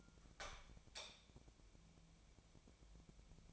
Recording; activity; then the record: daily activity, microphone in the room; light on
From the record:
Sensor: 1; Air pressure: 1000.0 hPa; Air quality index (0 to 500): 126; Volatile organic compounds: 2 ppm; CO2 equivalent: 1200 ppm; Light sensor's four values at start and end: 36/91/38/47 and 39/105/43/52